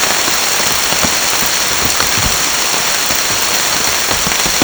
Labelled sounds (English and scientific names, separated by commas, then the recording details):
none
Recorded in secondary vegetation near Puerto Asís, Putumayo, Colombia, on 9 March 2025 at 11:30
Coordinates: 0.499, -76.323
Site G094